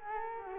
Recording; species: mosquito wingbeat signal from an infrared sensor; Culex quinquefasciatus